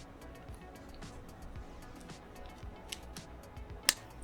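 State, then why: Seated. A WHOOP 4.0 fitness tracker band is threaded over the wrist, passed through its tension latch and pulled closed over background music, with faint handling rustles and small ticks. The clasp clicks into place with a sharp, loud snap at 3.9 s, and the band is seated. No one talks.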